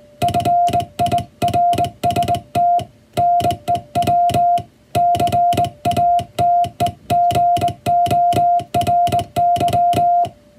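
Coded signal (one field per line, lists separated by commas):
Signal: Morse code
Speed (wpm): 20 wpm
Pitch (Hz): 700 Hz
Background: music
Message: FIRST NEW CATEGORY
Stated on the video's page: Morse code receive practice of the kind used for the radiotelegraph operator exam, recreating ship-to-coast-station telegraph traffic.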